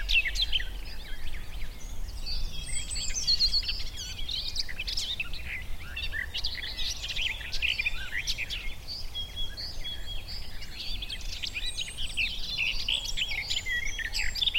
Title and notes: Sound escape 65: be enchanted by the little-known song of the garden warbler. As the scrubby hillside hawthorns burst into burst into bloom, the musky vanilla perfume of the white mayflowers encourages a male garden warbler into his fluted song. Recorded by Fergus Collins